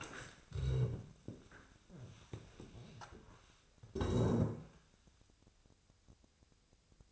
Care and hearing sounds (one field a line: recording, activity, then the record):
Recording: daily activity, microphone in the room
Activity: stand up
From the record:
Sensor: 2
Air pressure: 1000.3 hPa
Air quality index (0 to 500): 166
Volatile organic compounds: 3 ppm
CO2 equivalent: 1389 ppm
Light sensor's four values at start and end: 8/18/8/8 and 7/15/7/7